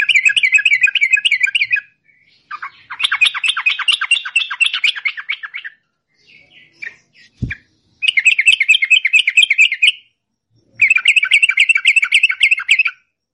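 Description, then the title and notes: Yellow-vented bulbul song: long runs of quick, rattling, repeated chirps in four main bursts, with a sharp click in one of the gaps. Song in the long rapid-series style called ropel panjang, offered as a training (masteran) recording. "Masteran Trucukan Ropel Panjang. Kicau Burung Trucukan"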